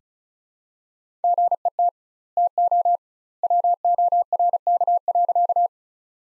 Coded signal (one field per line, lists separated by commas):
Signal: Morse code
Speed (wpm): 34 wpm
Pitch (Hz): 700 Hz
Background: none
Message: GET TO WORK.